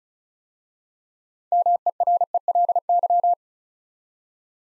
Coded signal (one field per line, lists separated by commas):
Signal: Morse code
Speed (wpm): 36 wpm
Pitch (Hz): 700 Hz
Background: none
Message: MERELY